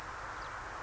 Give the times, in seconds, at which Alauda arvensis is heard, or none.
0.35-0.48